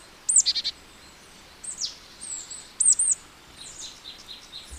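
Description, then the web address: Marsh tit giving high, thin, sharply downslurred call notes in quick clusters, with a brief buzzy chatter. "agykontroll Madardalok Cd 1. Barátcinege"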